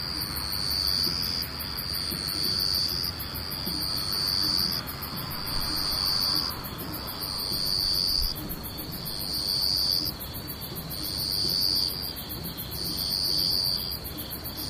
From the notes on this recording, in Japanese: ムシ